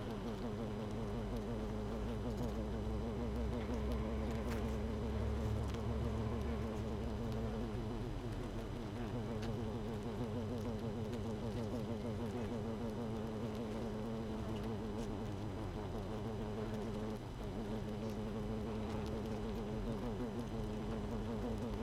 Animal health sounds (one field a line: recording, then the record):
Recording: honeybee colony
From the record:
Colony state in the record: missing queen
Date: 31 May 2018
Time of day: 7:19